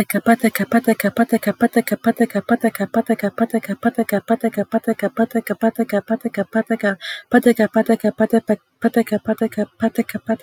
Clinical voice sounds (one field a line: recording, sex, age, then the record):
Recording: repeated syllables /pa ta ka/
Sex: female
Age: 20 to 29 years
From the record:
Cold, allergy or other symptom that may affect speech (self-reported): no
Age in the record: 22 years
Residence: North Carolina, United States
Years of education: 16